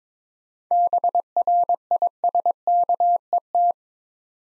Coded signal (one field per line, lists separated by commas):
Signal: Morse code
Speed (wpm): 22 wpm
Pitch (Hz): 700 Hz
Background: none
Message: BRISKET